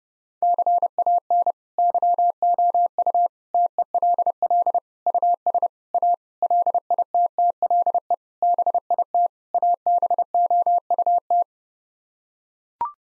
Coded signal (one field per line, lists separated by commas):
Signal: Morse code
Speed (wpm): 32 wpm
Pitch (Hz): 700 Hz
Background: none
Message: CAN YOU TELL US A LITTLE BIT ABOUT